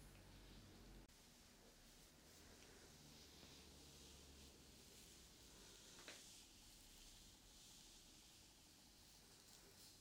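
Hair is brushed and the scalp massaged in a steady, dense hiss of bristles, mostly bright and soft with a low rumble underneath. A sharp tick comes near the first second, and a brief scrape stands out around the sixth.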